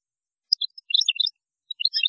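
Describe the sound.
Goldfinch song fragment: a short scatter of high, liquid chirps, a pause, then a second brief twittering burst.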